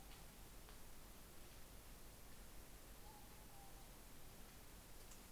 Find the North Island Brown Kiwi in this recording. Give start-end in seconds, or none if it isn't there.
none